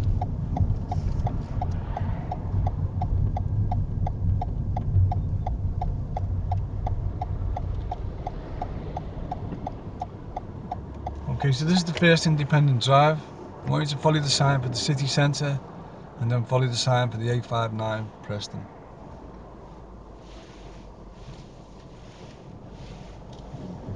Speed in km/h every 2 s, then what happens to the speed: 16, 13, 10, 5, 2, 0, 0, 0, 0, 0, 0, 0.
0-8 slows to 2. 8-24 standing.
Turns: none.